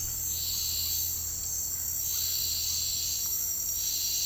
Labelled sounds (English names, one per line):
none